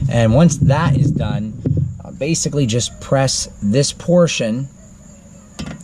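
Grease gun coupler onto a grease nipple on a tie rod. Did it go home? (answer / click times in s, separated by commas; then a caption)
yes / 5.6 s. Someone talks while the metal coupler on the end of a grease gun hose is pressed onto the grease nipple on a Duramax truck tie rod. At 5.6 seconds a sharp click is heard as the coupler snaps onto the fitting and is seated.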